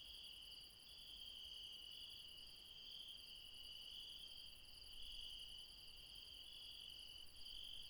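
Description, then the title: Insects calling together in a constant, high, ringing drone of layered tones, with a brief dip in the topmost band. Late night in the mountains at Refuge Krevatia, Barbala (Μπαρμπαλά), Dion, Greece. "Refuge Krevatia, Μπαρμπαλά, Dion 601 00, Greece - Late night mountain insects"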